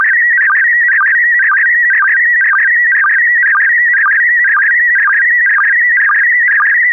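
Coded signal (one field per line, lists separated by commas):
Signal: SSTV (slow-scan television)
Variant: PD120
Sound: continuous warbling tone with a rhythmic low chirp about twice per second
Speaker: yep yep absolutely it's going to be PD 120 PD 120.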